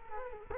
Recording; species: mosquito wingbeat signal from an infrared sensor; Culex quinquefasciatus